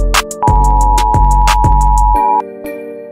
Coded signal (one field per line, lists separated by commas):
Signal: Emergency Alert System (SAME) tones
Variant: 853 and 960 Hz attention tone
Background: music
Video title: Ransom X EAS Alarm (Full)